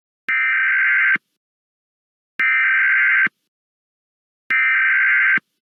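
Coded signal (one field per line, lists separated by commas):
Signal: Emergency Alert System (SAME) tones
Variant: header bursts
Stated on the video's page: Fictional EAS scenario, remastered version with rescripted alerts, simulated rather than real.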